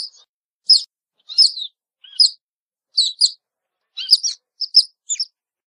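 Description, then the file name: Otter giving sharp, high-pitched chirps in short bursts of one to three notes, about every half second to second, with silence between. "Sonido de la Nutria"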